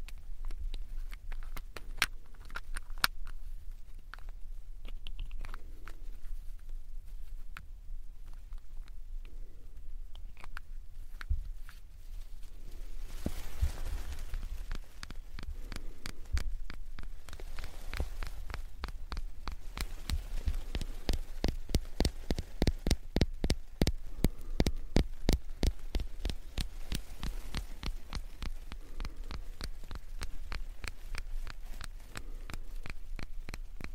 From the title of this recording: aroma oil tapping sound whisper